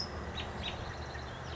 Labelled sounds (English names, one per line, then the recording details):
California Towhee
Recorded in Sonoma County, California